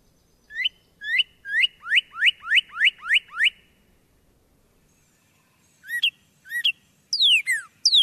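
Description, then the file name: Northern cardinal song: a quickening run of eight clear, downslurred whistles, a pause, then two more notes and rapid downslurred whistles at the end. "Northern Cardinal (Wild America)"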